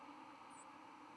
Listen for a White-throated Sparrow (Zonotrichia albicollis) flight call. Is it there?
no